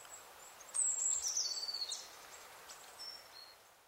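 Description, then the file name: Eurasian blue tit giving a short burst of thin, high, rapid call notes, then two faint high notes later, over a soft background hiss. "Cyanistes caeruleus"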